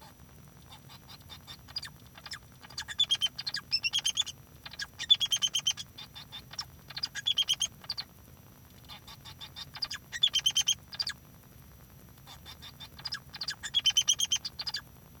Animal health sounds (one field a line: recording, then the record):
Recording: song of a male Bengalese finch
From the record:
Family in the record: son of father 2